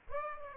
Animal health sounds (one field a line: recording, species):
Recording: mosquito wingbeat signal from an infrared sensor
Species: Aedes aegypti